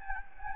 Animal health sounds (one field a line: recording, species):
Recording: mosquito wingbeat signal from an infrared sensor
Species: Anopheles gambiae